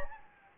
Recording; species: mosquito wingbeat signal from an infrared sensor; Anopheles gambiae